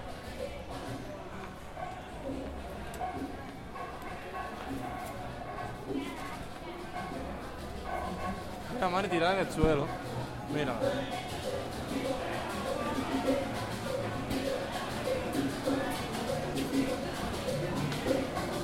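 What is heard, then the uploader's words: Voices fill a street stroll in Havana, with overlapping chatter from people and a man's voice standing out. A brief burst of livelier, higher calls rises around the ten-second mark. A low rumble holds steady underneath throughout. Stroll down Calle Empedrado in Havana, Cuba. Walking down to La Bodeguita del Medio, in Havana, Cuba.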